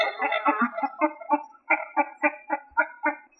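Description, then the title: Rail calling with harsh, grunting notes in a rapid, uneven chatter that slows into evenly spaced pulses before fading. "Familia Rallidae"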